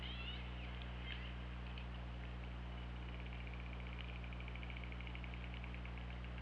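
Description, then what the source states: Killer whale calls underwater, a few brief high squeals early on, then a long fast train of regular clicks, over steady low hum. OrcaLab hydrophone recording, 24 August 2017, 23:32:49.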